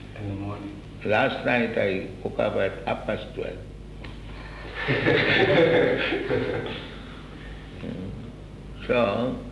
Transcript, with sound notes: in the morning.
Last night I woke up at half past twelve. [laughter] Yes. So